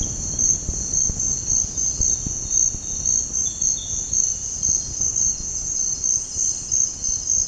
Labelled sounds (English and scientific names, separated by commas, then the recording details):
none
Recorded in dense forest near Puerto Asís, Putumayo, Colombia, on 21 February 2024 at 06:30
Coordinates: 0.485, -76.318
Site G6408